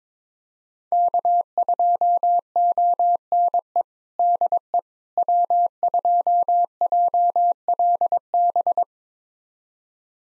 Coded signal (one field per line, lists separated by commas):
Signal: Morse code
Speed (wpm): 21 wpm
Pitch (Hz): 700 Hz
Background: none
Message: K2ONE DE W2JLB